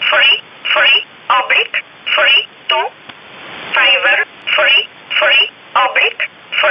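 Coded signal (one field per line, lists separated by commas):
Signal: numbers station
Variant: E11 Oblique, English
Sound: a narrowband voice reading short words at a steady, even pace over faint hiss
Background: radio static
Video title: 26 06 2019 E11 Oblique Numbers station in English 0900 on 7439 unknown tx site in USB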